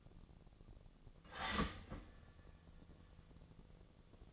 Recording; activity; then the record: daily activity, microphone in the room; start toaster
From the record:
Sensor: 4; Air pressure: 1001.0 hPa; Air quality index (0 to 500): 151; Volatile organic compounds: 2 ppm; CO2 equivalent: 1110 ppm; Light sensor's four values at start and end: 18/42/18/19 and 18/42/18/19